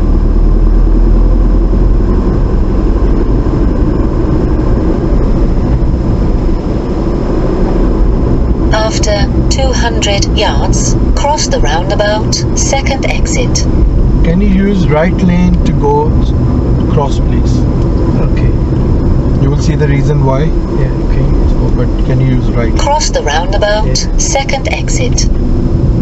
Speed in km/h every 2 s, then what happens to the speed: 35, 39, 40, 44, 42, 40, 39, 39, 37, 34, 31, 29, 26.
0-7 speeds up to 44. 7-26 slows to 26.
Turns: none.